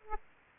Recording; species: mosquito wingbeat signal from an infrared sensor; Aedes aegypti